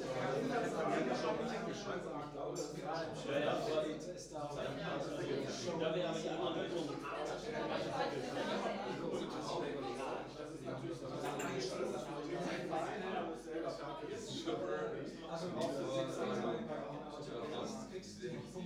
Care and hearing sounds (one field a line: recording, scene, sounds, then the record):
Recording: everyday scene through a hearing-aid microphone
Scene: many people talking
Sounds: many voices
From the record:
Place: bistro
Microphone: in the ear canal, right